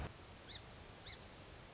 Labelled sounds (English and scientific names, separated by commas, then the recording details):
Song Sparrow (Melospiza melodia)
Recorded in Sonoma County, California